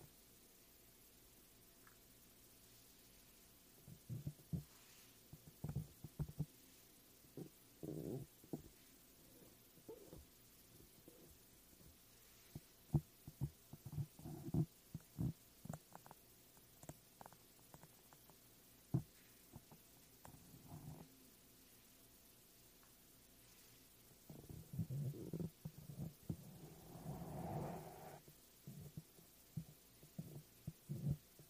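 A microphone's foam cover is scratched and brushed in uneven bursts of low, muffled rubbing, with quiet gaps between them. The scratches come in quick clusters, get denser and louder around 25 to 28 seconds, then thin out again. No voices are heard.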